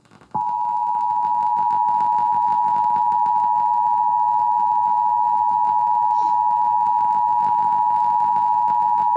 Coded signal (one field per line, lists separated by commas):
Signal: Emergency Alert System (SAME) tones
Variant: 853 and 960 Hz attention tone